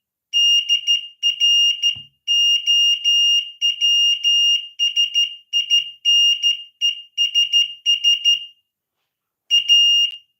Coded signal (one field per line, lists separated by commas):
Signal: Morse code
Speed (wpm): 13 wpm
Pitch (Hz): 2850 Hz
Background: none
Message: DROWSINESS A